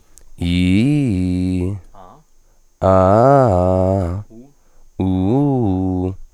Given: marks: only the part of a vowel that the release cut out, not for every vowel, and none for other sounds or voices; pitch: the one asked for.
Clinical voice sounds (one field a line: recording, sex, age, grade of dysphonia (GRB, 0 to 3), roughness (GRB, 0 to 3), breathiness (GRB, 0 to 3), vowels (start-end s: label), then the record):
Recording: sustained vowels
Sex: male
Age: 20 to 29 years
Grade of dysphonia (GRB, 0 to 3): 2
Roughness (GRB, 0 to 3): 2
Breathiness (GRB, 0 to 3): 0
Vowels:
0.47-1.66 s: vowel /i/, low-high-low pitch
2.88-3.95 s: vowel /a/, low-high-low pitch
5.02-6.02 s: vowel /u/, low-high-low pitch
From the record:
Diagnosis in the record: hyperfunctional dysphonia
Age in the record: 26 years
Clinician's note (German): Leicht ödematöse Stimmlippen, Gesangstechnik